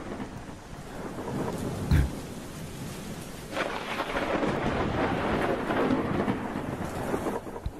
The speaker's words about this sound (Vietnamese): Thế rồi trái với quy luật của thiên địa, trong cái tiết trời đầu thu vốn dĩ phải mát mẻ trong lành thì đổ xuống một trận mưa tầm tã, kéo theo sấm sét đùng đùng.